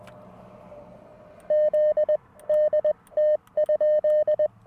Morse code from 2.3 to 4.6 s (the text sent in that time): DT?